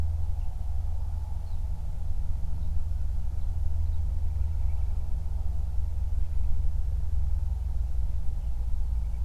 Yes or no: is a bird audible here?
yes